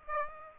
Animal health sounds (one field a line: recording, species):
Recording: mosquito wingbeat signal from an infrared sensor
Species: Aedes aegypti